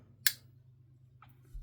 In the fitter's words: this going forward pops it, locks it in there.